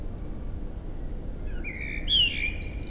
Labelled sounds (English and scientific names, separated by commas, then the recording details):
Common Blackbird (Turdus merula)
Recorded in Germany
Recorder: ecoPi